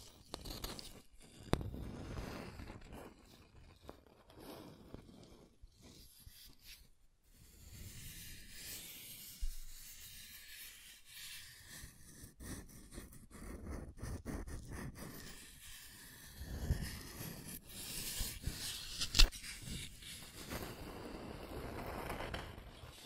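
Scratching and tracing on a surface, with irregular rubbing strokes that come and go throughout, some short and some drawn out. Brief sharper scrapes stand out near 1.5, 9.5 and 19 seconds, and a louder stretch of scratching runs around 16 to 18 seconds.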